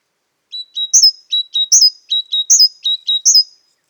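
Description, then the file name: Great tit: four rhythmic phrases, each of two short thin notes and a brighter chirp, over about three seconds in otherwise quiet surroundings. "Parus major"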